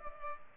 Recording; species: mosquito wingbeat signal from an infrared sensor; Culex pipiens